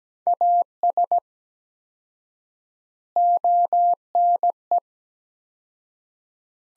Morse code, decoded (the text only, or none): AS ONE